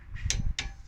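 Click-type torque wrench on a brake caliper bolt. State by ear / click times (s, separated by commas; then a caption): torque reached / 0.3 s, 0.6 s. A click-type torque wrench tightens the next brake caliper bolt on a Honda CR-V to 29 ft-lb, which is not very tight. Two sharp metallic clicks ring out at 0.3 s and 0.6 s over a low rumble, confirming the wrench has reached torque.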